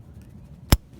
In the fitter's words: And you you really got to push it and you'll hear it click like that.